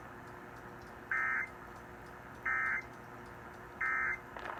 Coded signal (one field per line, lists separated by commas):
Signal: Emergency Alert System (SAME) tones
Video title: May 4th Madness EAS# 473-499 from 5/4/21